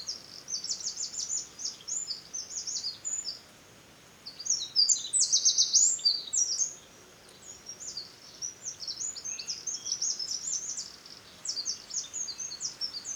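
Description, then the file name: Eurasian wren song: several rapid bursts of shrill, high notes and buzzy trills, broken by short pauses, repeated throughout against soft background noise. "Troglodytes troglodytes"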